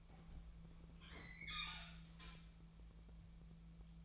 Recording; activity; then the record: daily activity, microphone in the room; open fridge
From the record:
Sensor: 1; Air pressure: 1000.1 hPa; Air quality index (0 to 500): 134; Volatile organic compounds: 2 ppm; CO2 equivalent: 1268 ppm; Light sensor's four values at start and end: 37/93/39/48 and 37/93/39/48